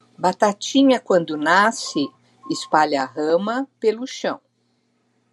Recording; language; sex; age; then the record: short text; Brazilian Portuguese; female; 60 to 69 years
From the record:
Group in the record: control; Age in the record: 63 years